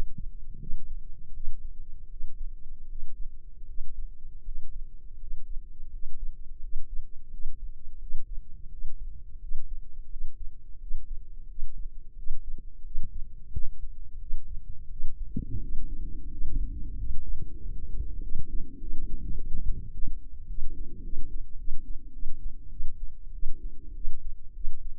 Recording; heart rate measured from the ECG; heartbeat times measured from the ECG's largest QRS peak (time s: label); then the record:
heart sounds by microphone in the left ear; 90 bpm
0.58 s: heartbeat
1.33 s: heartbeat
2.09 s: heartbeat
2.88 s: heartbeat
3.66 s: heartbeat
4.43 s: heartbeat
5.19 s: heartbeat
5.90 s: heartbeat
6.60 s: heartbeat
7.30 s: heartbeat
7.99 s: heartbeat
8.69 s: heartbeat
9.39 s: heartbeat
10.09 s: heartbeat
10.79 s: heartbeat
11.47 s: heartbeat
12.15 s: heartbeat
12.83 s: heartbeat
13.51 s: heartbeat
14.19 s: heartbeat
14.89 s: heartbeat
15.60 s: heartbeat
16.29 s: heartbeat
16.96 s: heartbeat
17.60 s: heartbeat
18.20 s: heartbeat
18.79 s: heartbeat
19.36 s: heartbeat
19.92 s: heartbeat
20.47 s: heartbeat
21.02 s: heartbeat
21.57 s: heartbeat
22.12 s: heartbeat
22.69 s: heartbeat
23.32 s: heartbeat
23.94 s: heartbeat
24.53 s: heartbeat
From the record:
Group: healthy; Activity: breath hold 0-17 s, rest 17-25 s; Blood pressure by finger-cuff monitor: 113/70 mmHg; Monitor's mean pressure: 87 mmHg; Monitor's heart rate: 87 bpm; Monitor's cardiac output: 7.3 L/min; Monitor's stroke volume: 84 mL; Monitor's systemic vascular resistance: 850 dyn s/cm5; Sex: female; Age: 24 years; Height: 163 cm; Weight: 55.7 kg